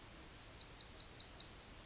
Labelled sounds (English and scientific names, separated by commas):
Yellowhammer (Emberiza citrinella) song